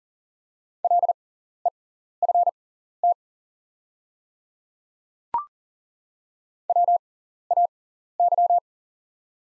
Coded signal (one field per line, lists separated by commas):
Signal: Morse code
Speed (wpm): 40 wpm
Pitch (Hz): 700 Hz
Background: none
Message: LEFT WAY